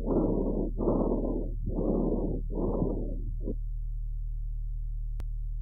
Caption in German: Fohlen mit Bronchitis sind wegen der oft kürzeren Krankheitsdauer an Lunge und Trachea häufiger feuchte Rasselgeräusche hörbar. Zunächst ein feuchtes Rasselgeräusch über der Trachea.